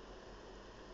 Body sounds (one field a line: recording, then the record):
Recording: background sound without coughing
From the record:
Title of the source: wind